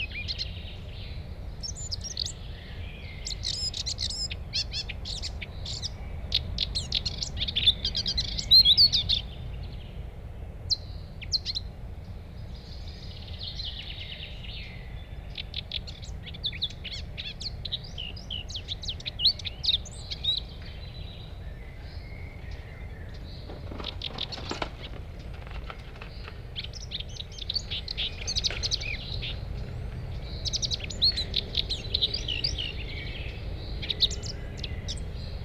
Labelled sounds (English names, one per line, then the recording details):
Eurasian Blackcap song
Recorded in the wild
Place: Monheim am Rhein, Nordrhein-Westfalen, DE
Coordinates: 51.09, 6.89
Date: 1995-04-22
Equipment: Sony WM-D6C
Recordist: Skiba, Reinald
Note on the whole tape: Monheim, im Wald nördlich von Baumberg, im Naturschutzgebiet: Mönchsgrasmücke gesehen